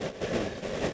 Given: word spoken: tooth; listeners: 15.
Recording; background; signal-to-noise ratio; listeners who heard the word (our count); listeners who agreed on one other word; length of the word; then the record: one English word in noise, from a listening test; noise modulated by three-talker babble; -5.3 dB; 3 of 15; 6 of 15; 0.53 s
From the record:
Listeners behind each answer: 6, 3, 1, 1, 1, 1, 1, 1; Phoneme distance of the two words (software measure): 7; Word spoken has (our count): 1 syllable, 3 phonemes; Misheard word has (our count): 1 syllable, 4 phonemes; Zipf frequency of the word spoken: 4.09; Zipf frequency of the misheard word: 4.91